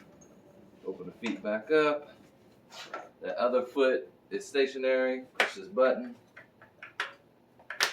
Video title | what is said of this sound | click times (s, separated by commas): Milwaukee M12 Rocket Light vs Milwaukee M18 Rocket Light vs Ryobi Light | It locks into place. | 7.0 s, 7.7 s